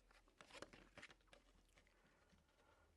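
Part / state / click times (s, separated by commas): interlocking section going back into its mating piece / not seated / none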